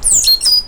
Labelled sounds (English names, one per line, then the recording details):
Stitchbird song
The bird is a male
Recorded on Tiritiri Matangi Island, New Zealand, in 2005
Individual 12, of nest box 16